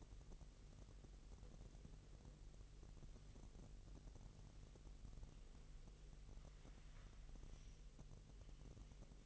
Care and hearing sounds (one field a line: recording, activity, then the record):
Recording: daily activity, microphone in the room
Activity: wipe stove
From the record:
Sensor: 4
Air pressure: 1001.8 hPa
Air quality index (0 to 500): 247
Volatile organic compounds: 40 ppm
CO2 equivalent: 3152 ppm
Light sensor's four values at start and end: 9/19/7/7 and 9/19/7/7